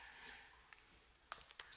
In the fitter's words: well I haven't had a click so I'm going to keep pushing it in until I hear a click